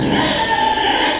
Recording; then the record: squeal of a Yucatan mini pig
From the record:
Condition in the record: before surgery on the right vocal fold (resection and tissue-engineered implant); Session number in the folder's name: 2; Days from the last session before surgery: 0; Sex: male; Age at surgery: 12 weeks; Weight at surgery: 13 kg